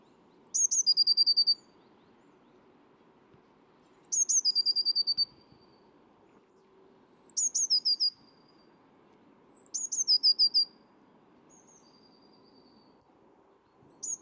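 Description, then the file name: Eurasian blue tit song: thin, very high notes dropping into a short, lower silvery trill, repeated several times over a low background rumble. "Cyanistes caeruleus"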